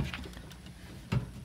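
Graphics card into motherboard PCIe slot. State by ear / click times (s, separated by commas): not seated / none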